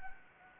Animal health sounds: mosquito wingbeat signal from an infrared sensor; Anopheles gambiae

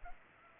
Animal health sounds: mosquito wingbeat signal from an infrared sensor; Culex pipiens

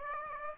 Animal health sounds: mosquito wingbeat signal from an infrared sensor; Aedes aegypti

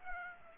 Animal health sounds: mosquito wingbeat signal from an infrared sensor; Aedes aegypti

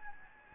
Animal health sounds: mosquito wingbeat signal from an infrared sensor; Anopheles gambiae

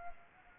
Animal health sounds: mosquito wingbeat signal from an infrared sensor; Anopheles arabiensis

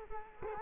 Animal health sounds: mosquito wingbeat signal from an infrared sensor; Culex quinquefasciatus

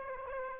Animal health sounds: mosquito wingbeat signal from an infrared sensor; Aedes aegypti

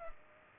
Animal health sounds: mosquito wingbeat signal from an infrared sensor; Culex pipiens

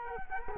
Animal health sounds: mosquito wingbeat signal from an infrared sensor; Culex quinquefasciatus

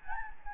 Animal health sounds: mosquito wingbeat signal from an infrared sensor; Anopheles gambiae

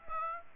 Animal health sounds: mosquito wingbeat signal from an infrared sensor; Aedes aegypti

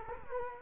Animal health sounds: mosquito wingbeat signal from an infrared sensor; Culex quinquefasciatus

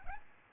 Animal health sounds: mosquito wingbeat signal from an infrared sensor; Aedes albopictus

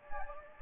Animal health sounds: mosquito wingbeat signal from an infrared sensor; Anopheles gambiae

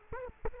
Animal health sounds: mosquito wingbeat signal from an infrared sensor; Aedes aegypti

